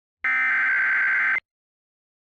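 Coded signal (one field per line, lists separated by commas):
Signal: Emergency Alert System (SAME) tones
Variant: header bursts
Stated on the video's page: Fictional EAS scenario about a tornadic phenomenon, not a real alert.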